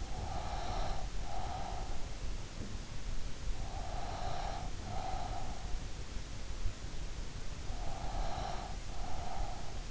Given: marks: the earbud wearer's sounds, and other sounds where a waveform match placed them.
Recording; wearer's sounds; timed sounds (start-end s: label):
sounds in sleep by an in-ear microphone; breath
0.00-2.19 s: breath
3.86-5.80 s: breath
7.88-9.76 s: breath